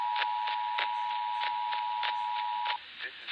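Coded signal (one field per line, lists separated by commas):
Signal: Emergency Alert System (SAME) tones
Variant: 853 and 960 Hz attention tone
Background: speech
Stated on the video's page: Required monthly test relayed on 710 AM, the Washington State EAS Relay Network on 155.475 MHz, 88.5 FM and NOAA Weather Radio 162.425 and 162.550 MHz.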